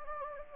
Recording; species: mosquito wingbeat signal from an infrared sensor; Anopheles gambiae